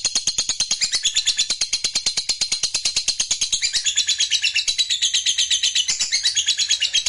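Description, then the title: Lovebird giving a long, fast, shrill chattering trill, high-pitched pulses running steadily without a break for the whole stretch. Fighter lovebird performing ngekek panjang, a long trill. "Begitu Dengar Suara Lovebird FIGHTER NGEKEK PANJANG"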